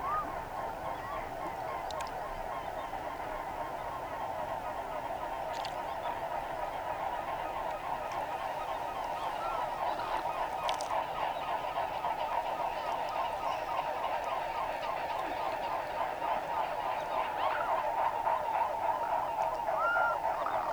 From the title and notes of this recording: Aural encounters in the floodplains by pablo sanz, 2023. Sound piece composed with recordings made during SONIC FUTURE RESIDENCIES organized by Asociația Jumătatea plină and SEMI SILENT at Port Cetate, Dolj county, Romania, in September 2022. An imaginary day, from dawn to sunset. It meanders through aural spaces based on encounters with human and other-than-human lifeforms and their movements, shaped by the presence of the river.